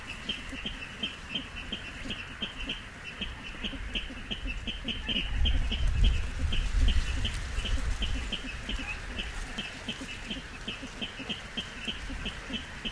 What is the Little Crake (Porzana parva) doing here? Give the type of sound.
call